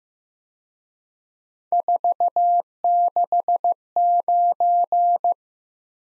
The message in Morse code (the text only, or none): 469